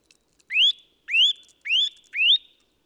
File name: Sitta europaea